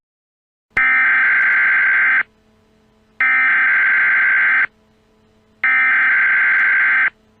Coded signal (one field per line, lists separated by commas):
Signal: Emergency Alert System (SAME) tones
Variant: header bursts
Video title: Emergency Alert System- PA Black Friday Terrorist Attack Scenario